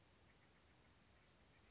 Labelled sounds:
Western Flycatcher

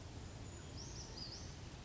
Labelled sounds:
Brown Creeper

